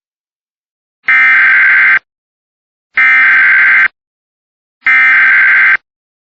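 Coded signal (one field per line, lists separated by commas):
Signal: Emergency Alert System (SAME) tones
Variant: header bursts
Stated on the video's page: Compilation of real civil, non-weather EAS alerts.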